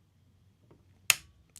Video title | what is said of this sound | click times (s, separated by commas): DVII - Giveaway Amp Series - Live Guitar Amplifier Build - Marathon Building! PT#16 | You hear that snap? That's how tight that was. | 1.1 s